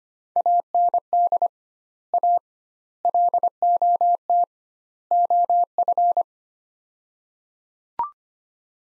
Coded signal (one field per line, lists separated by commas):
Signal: Morse code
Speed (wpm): 25 wpm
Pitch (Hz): 700 Hz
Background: none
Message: AND A LOT OF